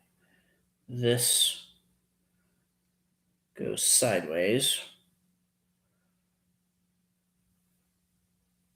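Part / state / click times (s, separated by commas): plastic gun part going into its mount on a model kit / not seated / none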